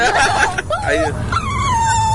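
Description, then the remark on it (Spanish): Female dogs whine in high, wavering tones, several drawn-out cries rising and falling over about two seconds, with a steady background hum underneath. “Ah, ya están chillando las perras.”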